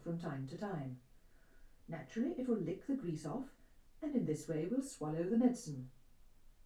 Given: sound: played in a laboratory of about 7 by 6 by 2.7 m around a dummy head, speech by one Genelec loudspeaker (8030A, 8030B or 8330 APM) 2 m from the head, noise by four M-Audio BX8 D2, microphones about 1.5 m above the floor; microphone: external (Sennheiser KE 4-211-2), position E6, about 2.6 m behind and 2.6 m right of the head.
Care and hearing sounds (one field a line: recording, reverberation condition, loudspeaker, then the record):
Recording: female speech in English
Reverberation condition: low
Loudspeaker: 90 degrees to the right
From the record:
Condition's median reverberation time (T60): about 310 ms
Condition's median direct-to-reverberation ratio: about 3.5 dB